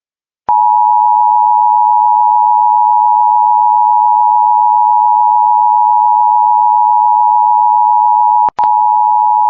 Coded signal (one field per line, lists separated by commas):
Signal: Emergency Alert System (SAME) tones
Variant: 853 and 960 Hz attention tone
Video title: EAS | Tornado Warning (Itasca and Cass Counties, MN)